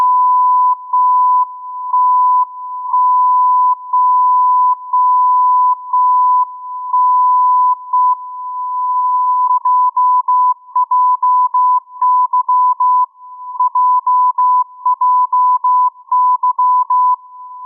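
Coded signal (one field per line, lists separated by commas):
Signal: radio time signal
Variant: JJY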